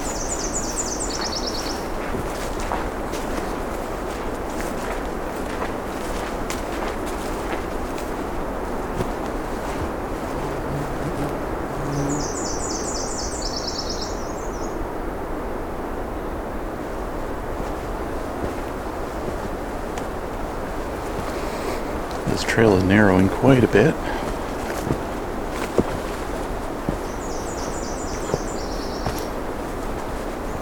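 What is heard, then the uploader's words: Birdsong on a June morning: a short, high, buzzy trill comes three times, near the start, around 12 seconds and near the end. A steady low rumble of wind and far traffic runs underneath, and a louder, warbling call stands out around 23 seconds. An unopened road allowance that follows the edge of the park property. It starts as a road but quickly gets much more narrow, with small cedars and shrubs crowding the trail in. I know this heads to a wetland, so I’m hoping to come across some new songs on this warm June morning.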